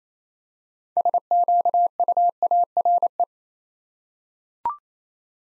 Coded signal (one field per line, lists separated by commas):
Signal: Morse code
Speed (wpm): 28 wpm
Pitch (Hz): 700 Hz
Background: none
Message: SQUARE